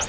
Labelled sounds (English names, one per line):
Virginia's Warbler flight call